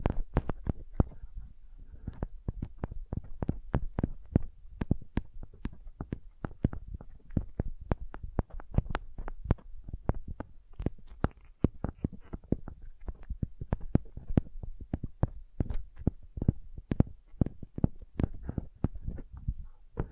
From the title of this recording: Sensitive Tapping